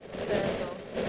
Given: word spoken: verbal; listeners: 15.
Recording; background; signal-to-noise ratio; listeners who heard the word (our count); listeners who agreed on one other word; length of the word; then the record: one English word in noise, from a listening test; noise modulated by three-talker babble; -4.2 dB; 0 of 15; 8 of 15; 0.70 s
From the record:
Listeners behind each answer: 8, 1, 1, 1, 1, 1, 1, 1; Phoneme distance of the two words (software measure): 20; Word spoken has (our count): 2 syllables, 4 phonemes, stress on syllable 1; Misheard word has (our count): 2 syllables, 4 phonemes, stress on syllable 1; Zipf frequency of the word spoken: 3.40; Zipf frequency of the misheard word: 2.56